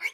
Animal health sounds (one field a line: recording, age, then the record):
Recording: pig call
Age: piglet (1 to 25 days)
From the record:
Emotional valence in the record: negative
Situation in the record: long isolation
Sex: male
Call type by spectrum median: low-frequency call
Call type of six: low-frequency tonal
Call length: 0.14 s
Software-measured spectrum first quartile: 2174 Hz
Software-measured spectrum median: 2303 Hz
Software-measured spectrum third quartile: 3230 Hz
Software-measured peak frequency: 2232 Hz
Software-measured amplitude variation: 250 dB a second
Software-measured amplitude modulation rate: 3.5 a second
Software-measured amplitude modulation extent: 71.9 dB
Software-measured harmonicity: 10.2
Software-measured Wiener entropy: -2.22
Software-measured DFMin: 578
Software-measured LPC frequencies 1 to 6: 992, 2228, 2889, 4435, 5024, 6248 Hz